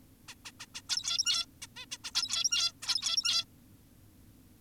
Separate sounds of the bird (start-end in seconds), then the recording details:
0.28-0.35, 0.45-0.52, 0.60-0.66, 0.75-0.82, 0.90-1.46, 1.62-1.67, 1.76-1.86, 1.92-1.98, 2.04-2.11, 2.15-2.72, 2.82-3.45. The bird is an adult. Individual g17y2U